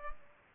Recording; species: mosquito wingbeat signal from an infrared sensor; Culex pipiens